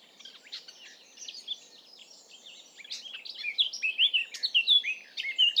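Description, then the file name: Eurasian blackcap song: soft jumbled warbling at first, then louder, clearer whistled notes in quick succession toward the end. "Sylvia atricapilla"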